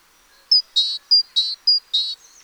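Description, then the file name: Great tit call series: a high clear note, then a rasping buzzy churr, repeated three times in quick succession. "Parus major"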